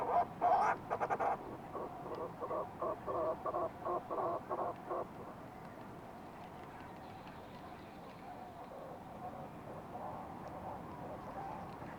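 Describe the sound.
Fulmar prion call: a loud throaty burst, then a rapid, rhythmic series of pulses for a few seconds before falling quiet.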